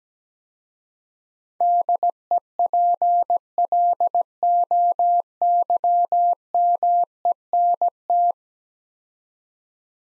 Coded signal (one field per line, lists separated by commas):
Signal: Morse code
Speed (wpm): 17 wpm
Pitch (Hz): 700 Hz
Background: none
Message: DEPLOYMENT